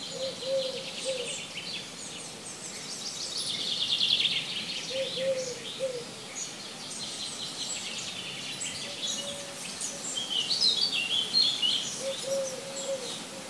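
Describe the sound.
Mixed birdsong: high twittering phrases and trills recur while a low note repeats every few seconds beneath them.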